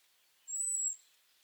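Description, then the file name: European robin giving a single thin, very high drawn-out 'tseee' note lasting about half a second, otherwise quiet. "Erithacus rubecula"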